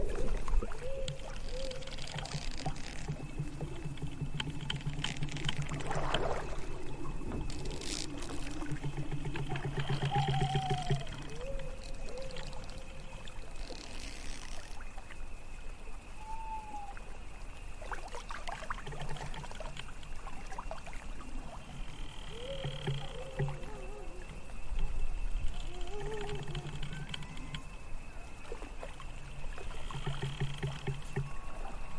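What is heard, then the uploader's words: Water laps steadily against a rowing boat, a soft continuous wash with occasional louder splashes, notably near 6 and 25 seconds. Short wooden creaks and squeaks recur every few seconds, with a faint steady high tone and a low murmur underneath throughout. Rowing boat to the village at night | calming lapping water | creaking trees.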